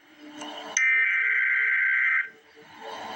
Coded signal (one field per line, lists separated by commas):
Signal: Emergency Alert System (SAME) tones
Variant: header bursts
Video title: Emergency Alert System - Extreme Heat Watch - Jun 20, 2025 at 3:38 AM EDT